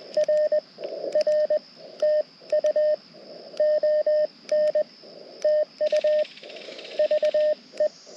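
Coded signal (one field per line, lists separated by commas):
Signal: Morse code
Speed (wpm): 20 wpm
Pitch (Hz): 590 Hz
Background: none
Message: RR TU ON TU VE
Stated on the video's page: CW from a Parks on the Air activation using a Mountain Topper MTR4B V2 radio.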